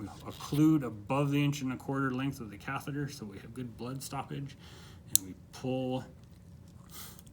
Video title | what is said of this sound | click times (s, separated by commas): IV Fundamentals | flash chamber back until it clicks, and then we remove the flash chamber and | 7.2 s